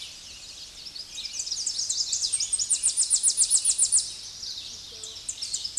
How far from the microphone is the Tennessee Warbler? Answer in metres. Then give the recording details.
about 10 m. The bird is about level with the microphone. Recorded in a Pennsylvania forest on 16 May 2024 at 08:12. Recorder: AudioMoth, point MSD-0407. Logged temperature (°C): 15.8 °C. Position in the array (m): 69 m, 161 m